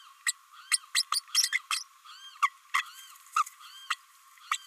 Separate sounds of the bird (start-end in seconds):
0.26-0.33, 0.71-0.78, 0.94-1.02, 1.11-1.21, 1.34-1.49, 1.52-1.59, 1.70-1.83, 2.42-2.49, 2.74-2.82, 3.36-3.43, 3.90-3.96, 4.51-4.57